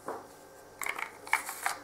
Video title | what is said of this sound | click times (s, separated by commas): Zoraki 917 "Shiny Chrom" // 9mmPAK // Schreckschusspistole Review // PTB-947 | Magazin einlegen. Einrasten lassen. So | 1.3 s